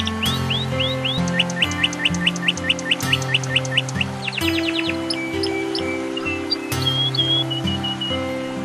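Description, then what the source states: Canary song: rapid series of upslurred whistled notes, then a dense rattling trill and sharper chips, over steady low droning tones that shift in pitch. Canary song mixed with nature sounds.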